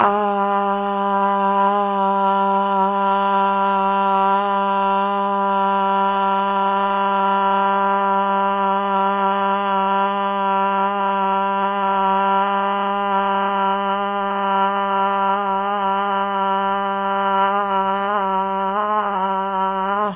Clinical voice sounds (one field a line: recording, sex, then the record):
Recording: sustained vowel /a/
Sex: female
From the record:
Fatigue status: no fatigue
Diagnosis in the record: COVID-19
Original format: 3gp